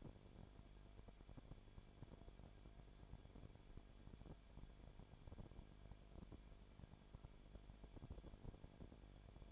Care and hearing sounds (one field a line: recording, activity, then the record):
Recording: daily activity, microphone in the room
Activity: no activity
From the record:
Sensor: 5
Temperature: 19.8 degrees Celsius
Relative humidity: 33.3%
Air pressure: 1001.4 hPa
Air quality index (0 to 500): 31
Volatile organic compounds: 1 ppm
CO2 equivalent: 524 ppm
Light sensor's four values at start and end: 2/3/1/1 and 2/3/1/1